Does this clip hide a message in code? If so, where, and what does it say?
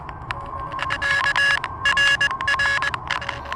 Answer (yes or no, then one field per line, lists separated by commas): yes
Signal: Morse code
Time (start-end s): 1.0-2.9 s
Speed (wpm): 21 wpm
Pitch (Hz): 1700 Hz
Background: none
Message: KRR